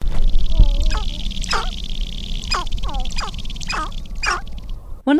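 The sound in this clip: Sharp-tailed grouse calls: harsh chirps and short descending cackles repeated irregularly, over a steady low rumble.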